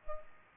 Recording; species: mosquito wingbeat signal from an infrared sensor; Culex pipiens